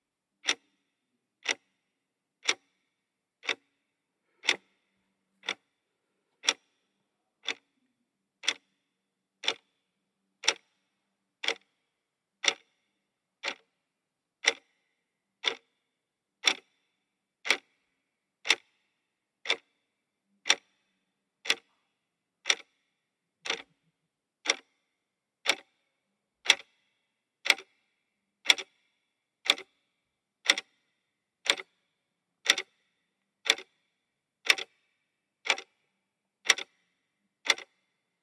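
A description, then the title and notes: Gentle ticking repeats at a steady, even pace, about one crisp click per second, for the whole stretch. Each tick is short and bright with little low end. The ticks alternate slightly in strength, like a tick-tock, over near silence. Sleepy Time Clock: Gentle Ticking for Sleep.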